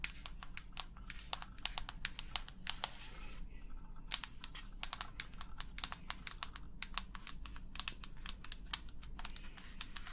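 Rapid, irregular tapping in quick bursts, crisp and clicky like keys being struck, with a brief pause near three seconds over a low steady hum.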